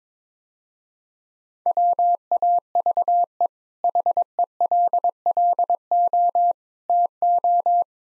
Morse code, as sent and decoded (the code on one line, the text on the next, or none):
.-- .- ...- . / .... . .-.. .-.. --- / - ---
WAVE HELLO TO